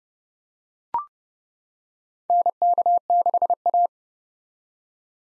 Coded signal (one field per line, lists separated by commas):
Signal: Morse code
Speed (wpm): 30 wpm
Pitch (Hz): 700 Hz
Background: none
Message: NK6A